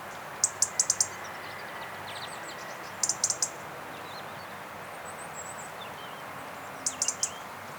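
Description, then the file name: European robin song: bursts of rapid, very high thin notes around one second, three seconds and seven seconds, with faint wavering warbles between them over a steady background hiss. "Erithacus rubecula"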